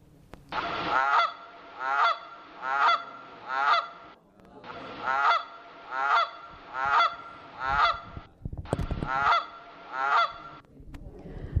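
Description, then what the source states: Canada goose honking: three bouts of loud, nasal honks at steady spacing, separated by brief pauses. Found anywhere along the coast.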